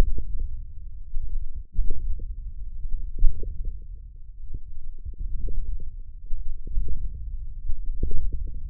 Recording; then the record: forearm muscle sounds (acoustic myography)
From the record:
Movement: wrist extension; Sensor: system 1, eight BSWA MPA416 microphones around the upper forearm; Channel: 6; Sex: male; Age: 20 years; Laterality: left